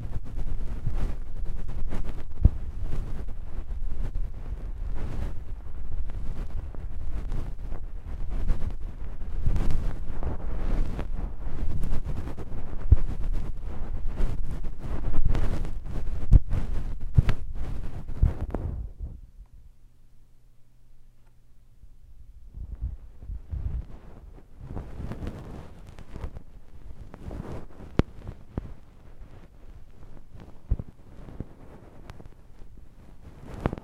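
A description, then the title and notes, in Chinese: Close, muffled ear massage on the left side: dense rubbing and crackling strokes right against the microphone for the first nineteen seconds, with frequent sharp pops. A brief lull with a low hum follows, then softer, sparser rubbing resumes to the end. 耳內按摩 ( 左 )。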